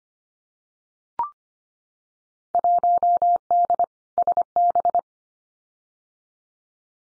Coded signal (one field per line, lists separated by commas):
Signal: Morse code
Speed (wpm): 25 wpm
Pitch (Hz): 700 Hz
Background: none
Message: 1D SB